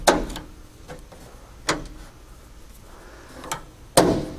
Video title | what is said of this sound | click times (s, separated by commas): 1955-1959 Chevy Truck Glass Run Weatherstrip Installation | You'll hear that solid click when it pops in. | 4.0 s